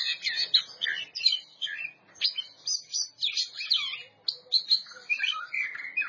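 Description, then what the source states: Oriental magpie-robin delivering a continuous, varied song of sweet whistles and chattering notes with short gaps. Champion bird.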